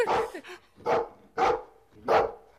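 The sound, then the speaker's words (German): A dog barks four times in a steady rhythm, each bark a sharp, mid-pitched, harmonically rich burst separated by brief pauses, with no other sounds or voices. “Gebt mal dem Hund einen Fußtritt.”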